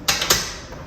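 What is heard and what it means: A wooden drawer is pushed down onto the undermount drawer slides of an RTA cabinet until the white plastic locking levers clip in. Two sharp clicks are heard at about 0.1 s and 0.3 s, followed by a fading tail. The drawer is seated on its slides.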